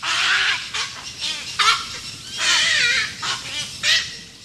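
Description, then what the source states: Cattle egret calls: harsh, raspy croaks and squawks in rapid bursts. Species that crossed the ocean and thrived.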